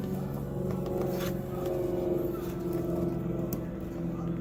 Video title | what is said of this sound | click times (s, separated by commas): 5202 LED Fog Light Bulbs Plug and Play | cool hopefully you guys heard that it clicked in so you know it's in and now we'll test it out okay | 3.5 s